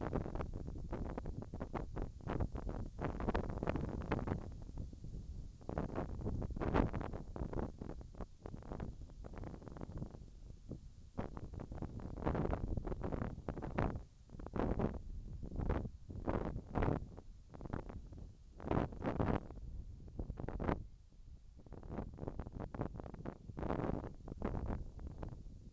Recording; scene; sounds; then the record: everyday scene through a hearing-aid microphone; wind on the microphone; wind, whistling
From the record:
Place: in front of a rural house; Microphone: in the ear canal, left